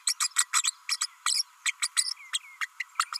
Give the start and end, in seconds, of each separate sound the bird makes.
0.07-0.14, 0.20-0.28, 0.36-0.46, 0.63-0.74, 0.88-0.96, 1.01-1.06, 1.26-1.44, 1.65-1.72, 1.81-1.88, 1.96-2.13, 2.33-2.39, 2.60-2.67, 2.79-2.85, 2.99-3.06, 3.12-3.18